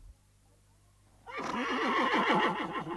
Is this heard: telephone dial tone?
no